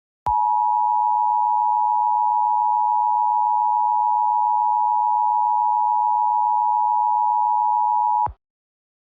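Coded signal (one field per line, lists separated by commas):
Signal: Emergency Alert System (SAME) tones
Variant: 853 and 960 Hz attention tone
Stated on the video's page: Fictional EAS scenario about acid weather, simulated alert.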